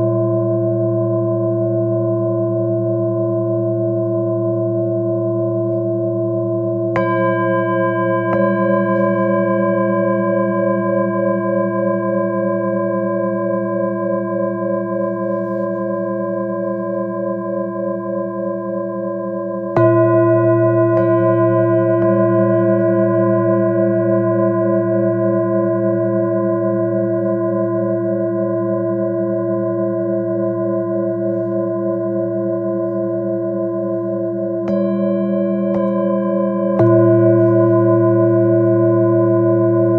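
Tibetan bowls ring in layered, sustained harmonies, fresh strikes around 7, 20 and 35 seconds renewing long, slowly wavering tones.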